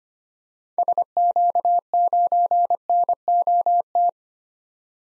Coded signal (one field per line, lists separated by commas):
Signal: Morse code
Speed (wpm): 25 wpm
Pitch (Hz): 700 Hz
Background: none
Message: SQ9NOT